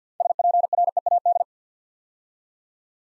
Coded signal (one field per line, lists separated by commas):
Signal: Morse code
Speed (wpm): 50 wpm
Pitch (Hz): 700 Hz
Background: none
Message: SPREAD